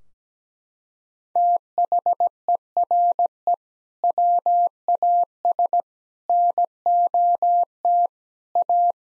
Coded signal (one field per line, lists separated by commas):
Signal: Morse code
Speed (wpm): 17 wpm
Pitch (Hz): 700 Hz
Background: none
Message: THERE WAS NOT A